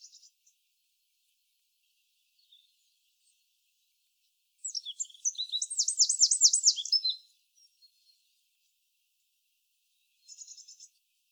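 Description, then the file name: Eurasian wren singing a song of fast, shrill repeated notes that run into a dense trill for about two and a half seconds, with faint high chips before and after. "Troglodytes troglodytes"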